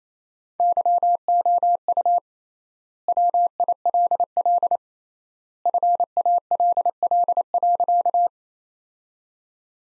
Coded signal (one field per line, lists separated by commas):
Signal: Morse code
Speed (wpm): 28 wpm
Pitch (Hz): 700 Hz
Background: none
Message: YOU WILL FALL.